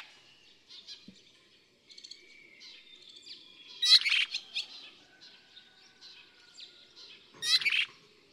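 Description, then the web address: Striated swallow giving high, thin twittering chirps with drawn-out whistled notes, broken by two louder buzzy, grating bursts near the middle and end. At Yushan, Taiwan. "赤腰燕. Yushan"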